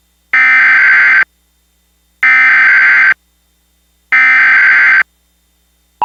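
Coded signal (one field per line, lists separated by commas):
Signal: Emergency Alert System (SAME) tones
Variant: header bursts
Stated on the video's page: Recreation of a WideOpenWest cable system EAS Tornado Warning from the late 2000s, using valid tones from a real National Weather Service warning.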